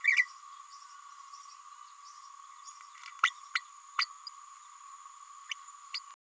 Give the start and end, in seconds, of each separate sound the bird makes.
0.04-0.25, 3.23-3.31, 3.55-3.60, 3.98-4.06, 5.49-5.54, 5.94-5.99